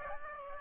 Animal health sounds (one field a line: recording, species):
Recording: mosquito wingbeat signal from an infrared sensor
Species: Aedes aegypti